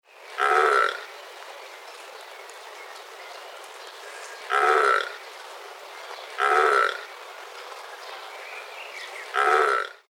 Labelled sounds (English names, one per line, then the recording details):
Gemsbok
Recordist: Tembrock, Günter
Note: Rufe eines jungeführenden Weibchens